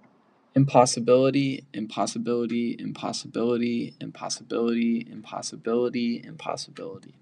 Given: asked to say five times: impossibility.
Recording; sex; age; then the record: repeated word; male; 18 to 19 years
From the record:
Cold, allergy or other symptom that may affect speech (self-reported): no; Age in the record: 18 years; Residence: New York, United States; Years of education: 12